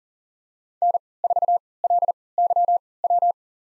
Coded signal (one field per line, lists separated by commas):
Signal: Morse code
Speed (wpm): 40 wpm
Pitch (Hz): 700 Hz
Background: none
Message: N4LYW